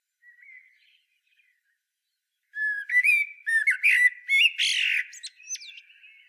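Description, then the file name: Common blackbird song: a faint thin note, a pause, then a fluty whistled phrase ending in squeaky, high twittering notes. "Turdus merula"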